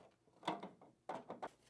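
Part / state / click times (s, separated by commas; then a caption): plastic purge chute onto printer mounting tabs / seated / 1.1 s. A clear plastic purge chute slides onto its resting tabs under the tool head area of a Snapmaker U1 3D printer. Several short plastic knocks and scrapes are heard, with the sharpest click at 1.1 s as the chute seats into place.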